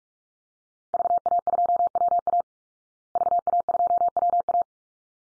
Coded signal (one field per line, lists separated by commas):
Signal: Morse code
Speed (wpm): 44 wpm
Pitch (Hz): 700 Hz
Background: none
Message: VA2WA VA2WA